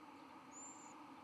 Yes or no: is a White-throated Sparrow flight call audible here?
no